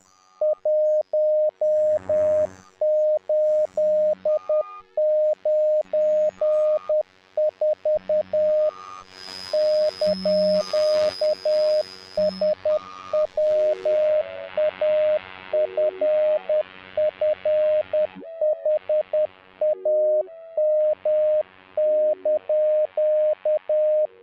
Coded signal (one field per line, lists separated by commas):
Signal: Morse code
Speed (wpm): 10 wpm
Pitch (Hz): 610 Hz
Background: none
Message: 1894 )SWAFFHAM)